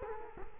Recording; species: mosquito wingbeat signal from an infrared sensor; Culex quinquefasciatus